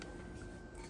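A wetted water pressure sensor with its rubber boot back on is handled at its port on an NTI boiler (TX, FTV or VMAX), about to be pushed in. Only faint handling noise and brief scrapes near 0.0 and 0.9 seconds are heard. Nothing has seated or clicked yet.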